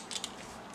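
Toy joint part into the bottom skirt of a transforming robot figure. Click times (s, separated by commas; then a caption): 0.2 s. A plastic joint part of an FT Glider transforming robot figure is buckled into the bottom skirt and set into its lock point. Two short, sharp plastic clicks are heard at 0.2 s and again at 0.2 s, and the part is seated in the lock.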